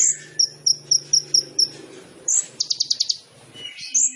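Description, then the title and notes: Sunbird song: a row of thin, high chips, a slurred whistle, a short rapid trill, then more sharp high notes. Training song (masteran) of a lively (gacor) singer, full of filler phrases (isian) and shot-like bursts (tembakan), suited as pancingan to prompt other birds to sing. "MASTERAN KOLIBRI NINJA FULL ISIAN DAN TEMBAKAN COCOK BUAT PANCINGAN. Suara Burung Kolibri Ninja Gacor"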